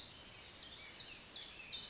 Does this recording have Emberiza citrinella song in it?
no